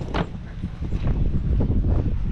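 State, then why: Not seated. The hinged seat of a used Yamaha Neos scooter is closed down onto its seat lock latch, with several knocks heard around 1.1, 1.6 and 2.3 seconds over a low rumbling background. The latch fails to catch: nothing has seated or clicked, and the seat does not lock.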